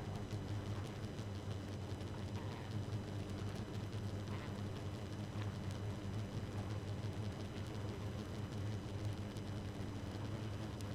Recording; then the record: honeybee colony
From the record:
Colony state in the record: active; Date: 12 June 2018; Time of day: 2:23